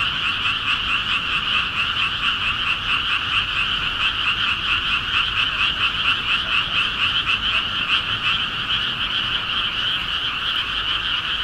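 Frogs call on a midsummer night, a dense, unbroken chorus of rapid, pulsing croaks that never lets up across the whole stretch. The calls are bright and trilling, layered from many animals at once, over a soft low rumble in the background.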